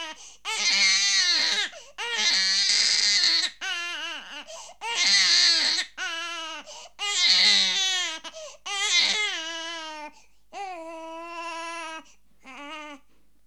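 About nine loud, high-pitched wails come in bursts of one to two seconds, separated by short gasping pauses, with strained, shrill voicing. This is vigorous, angry infant crying.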